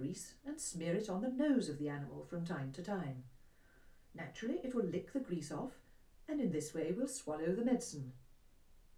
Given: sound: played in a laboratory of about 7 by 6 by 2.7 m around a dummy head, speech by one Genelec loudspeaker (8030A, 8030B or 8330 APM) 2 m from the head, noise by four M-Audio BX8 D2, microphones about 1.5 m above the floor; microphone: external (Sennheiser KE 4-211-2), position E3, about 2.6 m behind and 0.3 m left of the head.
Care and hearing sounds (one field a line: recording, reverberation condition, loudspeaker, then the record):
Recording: female speech in English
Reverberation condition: low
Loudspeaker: 90 degrees to the right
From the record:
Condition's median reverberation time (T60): about 310 ms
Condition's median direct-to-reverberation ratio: about 3.5 dB